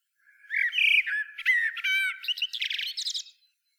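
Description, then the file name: Common blackbird calling: a string of squeaky, whistled and chattering notes lasting about three seconds, ending in rapid high twittering. "Turdus merula"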